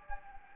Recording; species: mosquito wingbeat signal from an infrared sensor; Anopheles gambiae